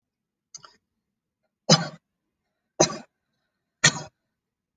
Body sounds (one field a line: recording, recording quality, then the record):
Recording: shallow voluntary cough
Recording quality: excellent, no background noise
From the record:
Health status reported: exposed to COVID-19, no respiratory illness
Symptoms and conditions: none ticked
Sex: male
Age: 37 years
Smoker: not ticked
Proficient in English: yes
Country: India